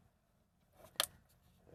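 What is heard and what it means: A plastic seat-control switch unit is pushed into the plastic seat shroud of a Mercedes W163 ML Class SUV front seat while the shroud is being reinstalled. After a faint rustle, a single sharp click sounds at 1.0 s as the unit snaps into place and seats in the shroud.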